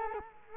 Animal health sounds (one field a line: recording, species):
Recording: mosquito wingbeat signal from an infrared sensor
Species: Culex quinquefasciatus